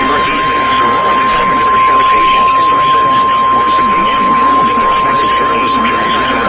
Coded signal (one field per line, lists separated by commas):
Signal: Emergency Alert System (SAME) tones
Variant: 1050 Hz attention tone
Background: speech